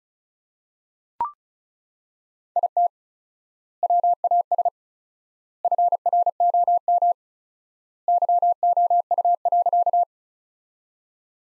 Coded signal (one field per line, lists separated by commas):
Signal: Morse code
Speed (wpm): 36 wpm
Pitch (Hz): 700 Hz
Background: none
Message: IT WAS FROM YOU.